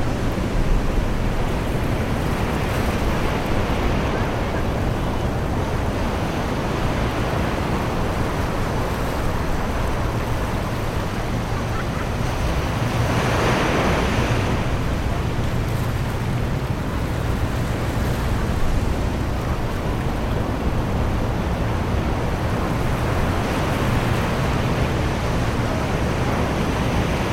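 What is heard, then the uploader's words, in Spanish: Beach sounds: a steady, dense wash of surf fills the clip, heavy in the lows with a soft hiss above. The level barely changes, with a slightly brighter swell around fourteen seconds and faint low rumbles running underneath. Serenidad de verano en los sonidos del sueño en la playa. Una playa secreta en un día de verano.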